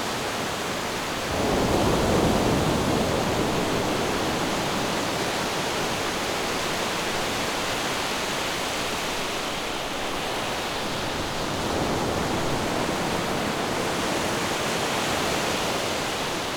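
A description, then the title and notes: Ocean waves make a steady, dense rush of surf with no clear gaps. A swell builds at about two seconds and lingers, fuller in the low end, then eases. A second softer surge rises near twelve seconds and holds to the end. Ocean Waves.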